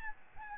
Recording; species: mosquito wingbeat signal from an infrared sensor; Aedes albopictus